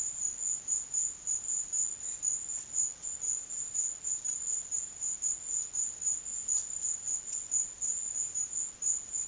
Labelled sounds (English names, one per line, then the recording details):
none
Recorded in secondary vegetation near Puerto Asís, Putumayo, Colombia, on 22 June 2025 at 12:30
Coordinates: 0.500, -76.326
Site GP08